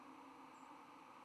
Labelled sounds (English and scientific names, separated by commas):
White-throated Sparrow (Zonotrichia albicollis) flight call